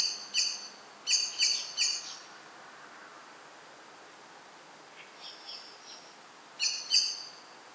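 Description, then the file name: Common blackbird calling: hard, chinking notes in short bursts, with a few softer notes between. "Turdus merula"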